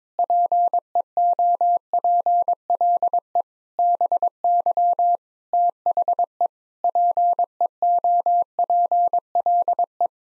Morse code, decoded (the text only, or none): PEOPLE BY THE PEOPLE